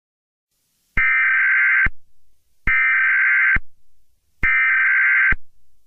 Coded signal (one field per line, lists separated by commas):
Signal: Emergency Alert System (SAME) tones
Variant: header bursts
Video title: Yellowstone Eruption [EAS SCENARIO]